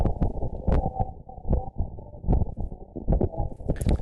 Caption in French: Un petit rond que vous allez mettre au niveau de votre cœur, qui va aussi enregistrer vos bruits du cœur et agir comme un stéthoscope. C'est comme le stéthoscope, sauf que là vous entendez mon cœur.